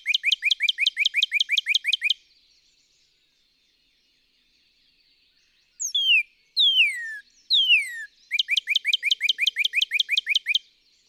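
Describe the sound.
Northern cardinal song: a fast run of short notes, a pause, three slow downslurred whistles, then another quick series of short notes.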